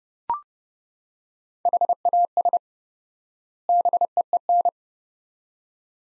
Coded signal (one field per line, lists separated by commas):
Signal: Morse code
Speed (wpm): 31 wpm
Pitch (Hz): 700 Hz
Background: none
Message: HAS BEEN